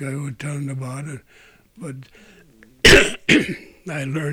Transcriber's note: he clears his throat